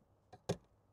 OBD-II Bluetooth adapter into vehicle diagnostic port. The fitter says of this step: Will snap into place.